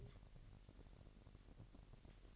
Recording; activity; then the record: daily activity, microphone in the room; take from stove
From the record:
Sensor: 4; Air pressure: 1012.8 hPa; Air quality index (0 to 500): 238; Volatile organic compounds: 4 ppm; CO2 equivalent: 1584 ppm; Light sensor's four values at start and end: 27/65/26/25 and 27/64/26/25